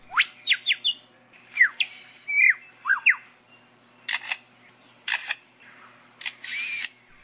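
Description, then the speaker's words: Superb lyrebird mimicry: quick, sharply falling whistled notes in rapid groups, then several harsh, clicking, mechanical-sounding bursts. Australian mimic, probably a male. "Yeah, the superb lyrebird from Australia."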